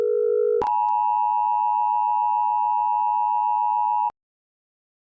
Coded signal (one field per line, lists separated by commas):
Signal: Emergency Alert System (SAME) tones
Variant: 853 and 960 Hz attention tone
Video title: Happy Tree Friends EAS Civil Danger